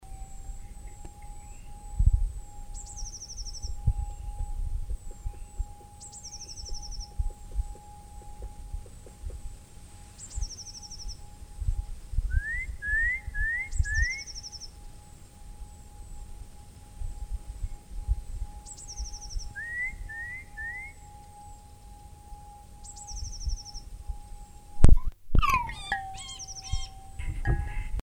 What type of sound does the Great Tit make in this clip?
call